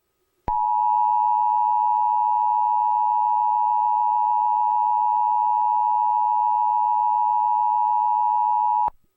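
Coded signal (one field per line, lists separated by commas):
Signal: Emergency Alert System (SAME) tones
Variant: 853 and 960 Hz attention tone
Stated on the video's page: Fictional EAS scenario about an alien attack.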